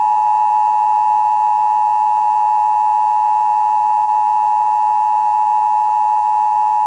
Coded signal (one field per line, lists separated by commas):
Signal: Emergency Alert System (SAME) tones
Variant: 853 and 960 Hz attention tone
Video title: KCBS CBS Channel 2 (1988): News & Emergency Broadcast System